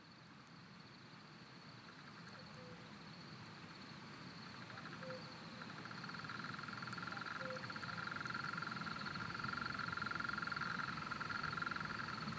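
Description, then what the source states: European mole cricket song, a steady buzzing trill that fades in midway and holds for several seconds before stopping, with faint short low calls and a soft background hiss. Small population in a flooded alpine pasture at 1250 m, Le Villard, Drôme, 3 May 2020; heard there each year at this season; stereo recording, Nagra Seven with MKH40 microphone.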